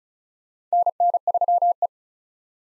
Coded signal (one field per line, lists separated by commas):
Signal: Morse code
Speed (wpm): 34 wpm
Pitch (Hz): 700 Hz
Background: none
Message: NN3E